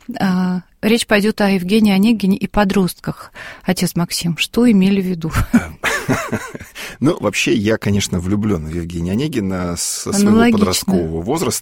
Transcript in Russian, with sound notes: А речь пойдет об «Евгении Онегине» и подростках. Отец Максим, что имели в виду? (смеется)
Ну вообще я, конечно, люблен в «Евгения Онегина» со своего подросткового возраста.